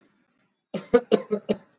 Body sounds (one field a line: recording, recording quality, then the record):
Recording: shallow voluntary cough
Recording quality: excellent, no background noise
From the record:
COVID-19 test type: RT-PCR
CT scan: not taken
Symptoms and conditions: cough, cold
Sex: male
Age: 20 years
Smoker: no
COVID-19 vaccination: both doses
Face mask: worn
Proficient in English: yes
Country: India